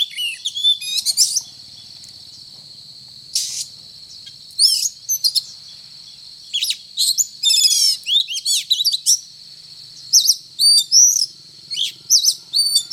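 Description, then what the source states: Oriental magpie-robin song: scattered bright chirps and sharp whistled sweeps, growing into quick bursts of varied notes toward the end, over a steady high hiss. Indonesian title calls the bird a 'gacor' magpie-robin, a bird-keepers' term for one singing often and energetically.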